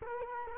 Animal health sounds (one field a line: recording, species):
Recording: mosquito wingbeat signal from an infrared sensor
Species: Culex quinquefasciatus